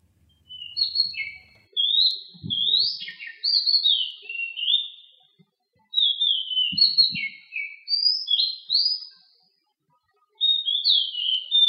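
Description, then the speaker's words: Oriental Magpie-robin song: rich, varied whistled phrases with sweeping slurred notes, delivered in bursts separated by short pauses, with a few faint low knocks beneath. Adult male, recorded in Selangor, Malaysia; known locally as Murai Kampung; often heard at dawn; prized and trapped as a caged songbird. "That was the song of an adult male Oriental magpie robin, or the Murai Kampung, as they're commonly known here in Malaysia. And that clip you heard was actually recorded right here in Selangor."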